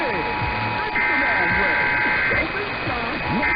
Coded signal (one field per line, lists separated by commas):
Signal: Emergency Alert System (SAME) tones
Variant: header bursts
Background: speech